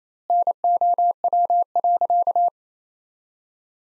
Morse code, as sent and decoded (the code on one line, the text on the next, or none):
-. --- .-- .-.-.-
NOW.